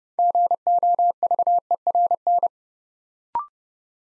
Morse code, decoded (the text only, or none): GOVERN